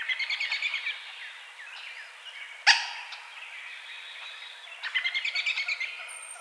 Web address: Coopers Hawk 2007 03 22 Coopers Hawk